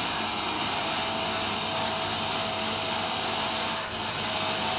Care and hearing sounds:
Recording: daily activity, microphone in the room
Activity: vacuum cleaning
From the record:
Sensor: 2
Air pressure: 994.3 hPa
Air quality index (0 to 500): 213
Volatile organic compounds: 1000 ppm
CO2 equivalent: 7027 ppm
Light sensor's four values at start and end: 51/116/49/49 and 50/115/49/49

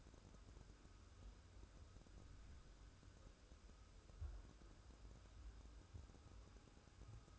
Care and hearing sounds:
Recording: daily activity, microphone in the room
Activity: wipe stove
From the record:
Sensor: 2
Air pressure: 1015.0 hPa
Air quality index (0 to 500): 36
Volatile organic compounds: 1 ppm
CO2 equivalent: 558 ppm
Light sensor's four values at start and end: 13/35/13/15 and 13/35/13/15

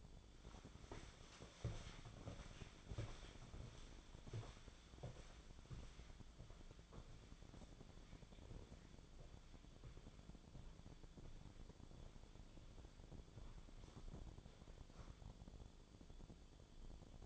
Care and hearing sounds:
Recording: daily activity, microphone in the room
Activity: walk to room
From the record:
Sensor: 5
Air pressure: 1010.1 hPa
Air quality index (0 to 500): 142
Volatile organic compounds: 3 ppm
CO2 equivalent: 1384 ppm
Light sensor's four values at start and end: 281/672/291/325 and 277/691/290/317

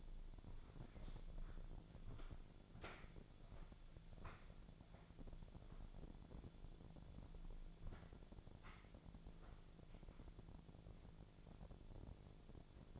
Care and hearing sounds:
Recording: daily activity, microphone in the room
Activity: walk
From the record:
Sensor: 5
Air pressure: 1008.3 hPa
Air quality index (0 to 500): 151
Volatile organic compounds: 3 ppm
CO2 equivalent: 1460 ppm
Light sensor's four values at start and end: 64/177/69/70 and 63/176/69/70

